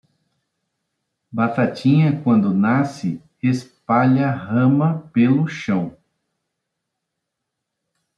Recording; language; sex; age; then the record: short text; Brazilian Portuguese; male; 50 to 59 years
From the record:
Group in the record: control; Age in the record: 54 years